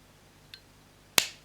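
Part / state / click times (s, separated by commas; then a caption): shoulder/arm shield onto toy robot upper arm / seated / 1.2 s. A plastic shoulder or arm shield for a Transformers Masterpiece MP-24 Star Saber toy robot is lined up by its tabs with the holes on the robot's upper arm and clipped on. A faint tick at 0.5 s is followed by a sharp, bright click at 1.2 s that rings out briefly, and the shield is seated.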